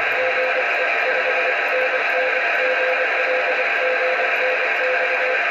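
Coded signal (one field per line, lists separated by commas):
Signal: Morse code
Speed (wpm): 23 wpm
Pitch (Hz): 510 Hz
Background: none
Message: GE 5NN GL GN X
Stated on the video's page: CW contact with a QRP station through the RS-44 (DOSAAF-85) satellite.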